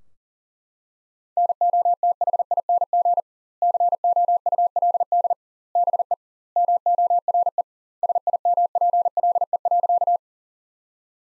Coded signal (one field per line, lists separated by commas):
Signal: Morse code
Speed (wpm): 40 wpm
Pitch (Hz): 700 Hz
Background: none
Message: NOTHING COULD BE MORE SIMPLE.